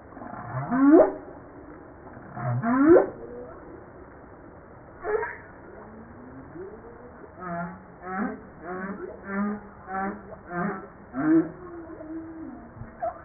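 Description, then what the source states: Humpback whale song with two sharp upsweeping cries, then a series of short pulsed grunting units, ending in a drawn-out moan. Recorded 5 March 1994.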